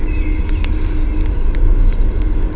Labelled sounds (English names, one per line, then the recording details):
Eurasian Blue Tit
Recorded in Germany
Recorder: ecoPi